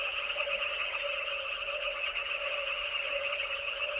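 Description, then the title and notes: Frog chorus as a continuous trilling drone mixed with insect sound, one brief high descending wail near the start. Midnight on a summer night in the Danube Delta, before moonrise; frog calls amid insect calls. "Danube Delta - Summer Night - Jackals And Frogs. Midnight in the Danube Delta. The moon hasn't risen yet but the jackals start howling, adding to the eerie mix of frog and insect calls"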